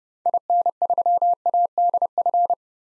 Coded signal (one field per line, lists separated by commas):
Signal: Morse code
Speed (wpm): 30 wpm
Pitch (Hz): 700 Hz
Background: none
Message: IN3ADF